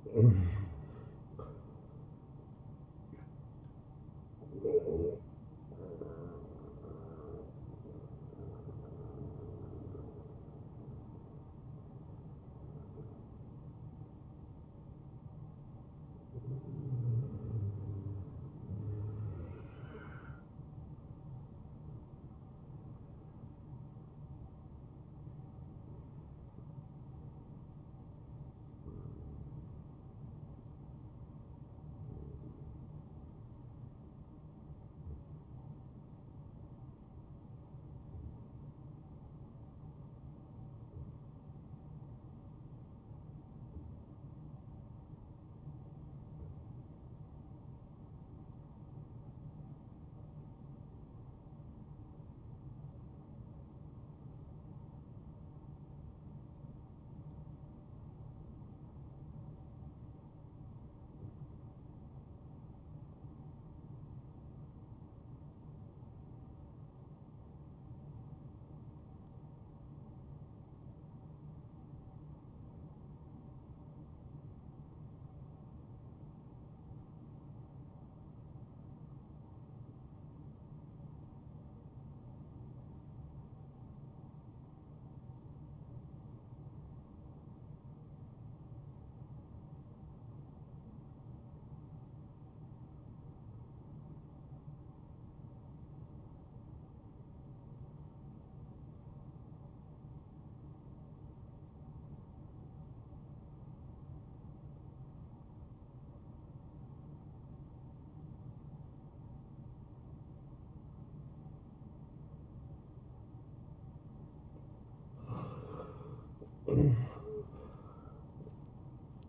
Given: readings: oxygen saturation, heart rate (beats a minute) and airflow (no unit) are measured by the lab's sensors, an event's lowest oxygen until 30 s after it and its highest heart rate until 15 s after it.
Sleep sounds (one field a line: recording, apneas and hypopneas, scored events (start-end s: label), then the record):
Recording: breathing in sleep by a smartphone at the bedside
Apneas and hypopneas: 1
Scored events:
26.00-114.90 s: hypopnea (N1, oxygen 97% highest, then 70% lowest)
46.00-106.00 s: new sleep stage, REM sleep
106.00-119.29 s: new sleep stage, N1 (lightest sleep)
From the record:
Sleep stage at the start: N1 (lightest sleep)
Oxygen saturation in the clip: 82 to 97%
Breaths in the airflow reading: 27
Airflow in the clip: -19.5 to 12.1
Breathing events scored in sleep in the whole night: 263 in 5.5 hours asleep